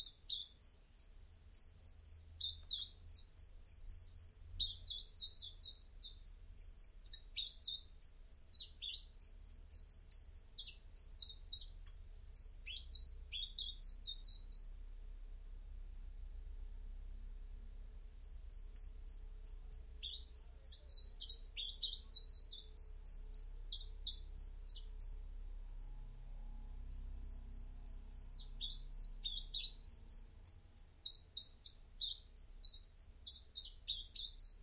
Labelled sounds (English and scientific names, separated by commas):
Common Chiffchaff (Phylloscopus collybita) song